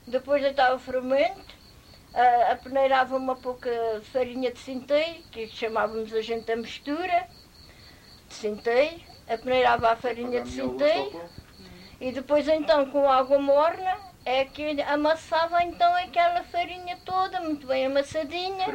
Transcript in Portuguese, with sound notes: Depois deitava fermento, a peneirava uma pouca de farinha de centeio – que lhe chamávamos a gente a mistura [pausa] de centeio –, peneirava a farinha de centeio e depois então com água morna é que lhe amassava então aquela farinha toda, muito bem amassadinha.